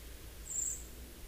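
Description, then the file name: Common blackbird giving a thin, high, level note lasting about a quarter second, slightly faint amid low rumbling background noise. "Turdus merula"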